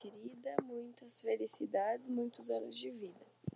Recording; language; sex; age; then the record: short text; Brazilian Portuguese; female; 18 to 19 years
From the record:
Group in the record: control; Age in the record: 19 years